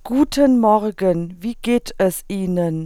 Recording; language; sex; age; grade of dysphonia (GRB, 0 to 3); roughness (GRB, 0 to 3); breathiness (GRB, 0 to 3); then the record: spoken sentence; German; female; 30 to 39 years; 0; 0; 0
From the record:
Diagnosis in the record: hyperfunctional dysphonia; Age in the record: 36 years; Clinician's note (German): Nach Laryngitis